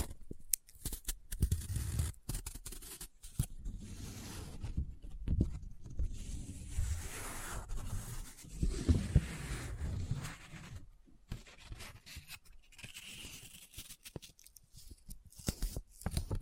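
Paper being folded, rubbed and crinkled, with irregular bursts of crisp, rustling noise and short gaps of near silence between them. Sharper scratchy clicks punctuate the handling, and a low rumbling thud runs under several of the movements, especially around the middle.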